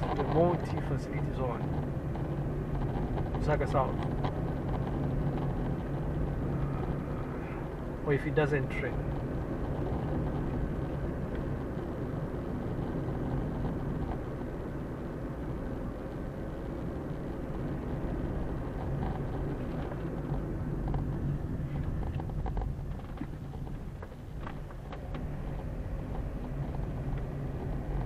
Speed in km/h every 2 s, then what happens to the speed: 28, 34, 38, 41, 43, 45, 45, 45, 43, 44, 32, 15, 13, 21.
0-6 speeds up to 41. 6-14 steady at about 45. 14-23 brakes to 13. 23-28 speeds up to 21.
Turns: none.